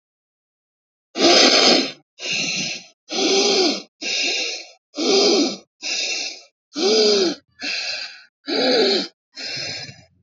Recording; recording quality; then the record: deep breathing; excellent, no background noise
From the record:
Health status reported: healthy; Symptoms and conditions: cough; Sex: female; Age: 30 years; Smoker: not ticked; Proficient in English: yes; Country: India